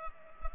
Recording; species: mosquito wingbeat signal from an infrared sensor; Culex pipiens